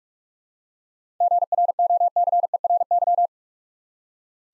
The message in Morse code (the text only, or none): GROCERY